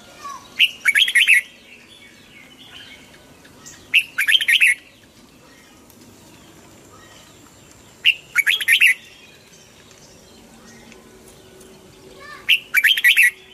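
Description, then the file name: Red-whiskered bulbul song: bright, chattering phrases with sharp high notes, repeated four times about every four seconds, with quiet pauses between. Hue strain red-whiskered bulbul singing in the double-voice style (giọng kép). "Tieng chao mao hue hot giong kep"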